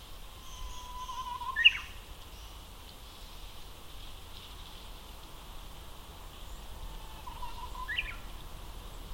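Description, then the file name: Japanese bush warbler singing twice: a long, steady low whistle followed by a quick rising flourish, the second phrase about six seconds later, over constant hiss. Recorded at Akasaka on 2 April 2022. "uguisu akasaka"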